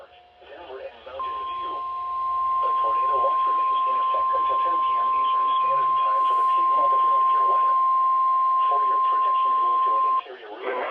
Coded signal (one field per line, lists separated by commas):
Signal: Emergency Alert System (SAME) tones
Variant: 1050 Hz attention tone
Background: speech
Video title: Early Season Mayhem... EAS Alerts from 1/12/23 (EAS 1060-1089)